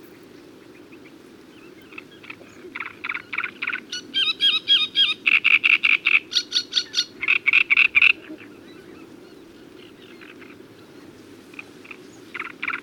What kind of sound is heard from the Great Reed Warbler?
song